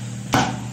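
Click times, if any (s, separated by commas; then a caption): 0.3 s. A plastic part of a new cistern flushing mechanism is lightly pressed into its fitting in a ceramic toilet tank. A single sharp knock sounds at 0.3 s over a steady low background hum. The part locks in place.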